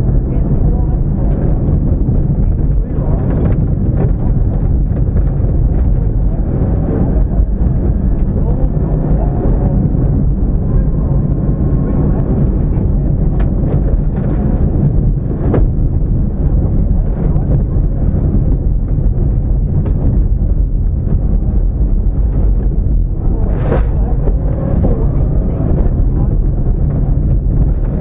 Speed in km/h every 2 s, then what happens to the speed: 109, 97, 87, 93, 106, 129, 129, 111, 87, 68, 40, 45, 76, 71.
0-5 brakes to 87. 5-10 speeds up to 129. 12-20 brakes to 40. 20-24 speeds up to 76.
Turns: 18-22.